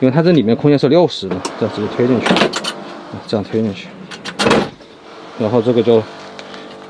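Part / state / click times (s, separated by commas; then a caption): pull-out drawer cabinet into its frame in the camper van / seated / 6.4 s, 6.5 s. Someone talks while a pull-out sales cabinet drawer is pushed into its 60 cm-deep frame in a camper van. Two quick clicks are heard at 6.4 and 6.5 seconds as the latches on both sides engage, and the drawer is locked in place.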